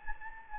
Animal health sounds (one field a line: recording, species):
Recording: mosquito wingbeat signal from an infrared sensor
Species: Anopheles gambiae